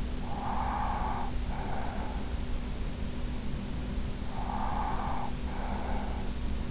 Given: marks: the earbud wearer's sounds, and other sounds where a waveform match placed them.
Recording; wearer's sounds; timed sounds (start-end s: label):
sounds in sleep by an in-ear microphone; breath
0.12-2.83 s: breath
3.77-6.71 s: breath